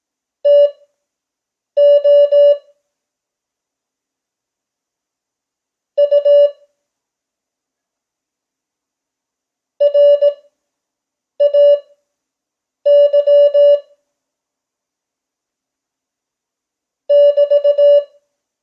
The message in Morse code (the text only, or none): TO U RAY <BT>